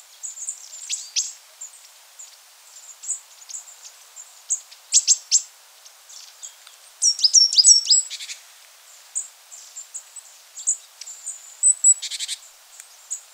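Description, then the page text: Coal tit song: scattered high, thin notes with louder bursts near five, seven and twelve seconds, softer twittering between. "Coal Tit Song. Quick Sounds"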